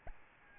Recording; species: mosquito wingbeat signal from an infrared sensor; Aedes albopictus